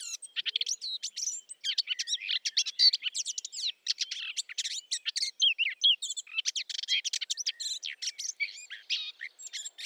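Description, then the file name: Eurasian blackcap delivering a steady, scratchy warble of varied high chirps and twittering notes, broken only by a couple of tiny pauses. "Sylvia atricapilla"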